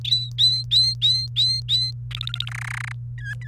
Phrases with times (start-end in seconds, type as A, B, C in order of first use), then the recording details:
0.05-1.91 A, 2.11-2.50 B, 2.51-2.92 C, 3.18-3.47 D. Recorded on 28 April 2018 at 06:11. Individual llb3